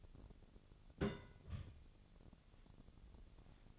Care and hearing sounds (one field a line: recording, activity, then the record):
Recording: daily activity, microphone in the room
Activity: place on stove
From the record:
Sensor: 4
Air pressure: 1000.8 hPa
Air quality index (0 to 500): 122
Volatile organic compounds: 1 ppm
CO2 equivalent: 922 ppm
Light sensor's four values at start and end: 45/111/47/52 and 46/111/47/53